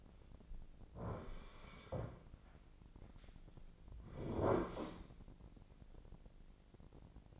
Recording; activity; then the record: daily activity, microphone in the room; sit down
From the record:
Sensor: 5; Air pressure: 1009.3 hPa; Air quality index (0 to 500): 158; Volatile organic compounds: 2 ppm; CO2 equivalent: 1212 ppm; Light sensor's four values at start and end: 254/611/257/279 and 258/621/261/284